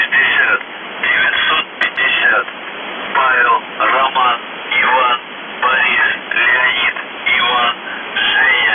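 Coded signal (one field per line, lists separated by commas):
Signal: numbers station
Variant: UVB-76 voice message, Russian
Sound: a male voice reading short words one by one over shortwave radio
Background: radio static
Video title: The Buzzer/UVB-76(4625Khz) September 2, 2021 07:51UTC Voice message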